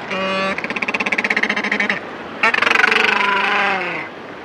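Macaroni penguin braying calls: a harsh, rapidly pulsed, nasal phrase of about two seconds, a brief pause, then a second pulsed phrase that trails away.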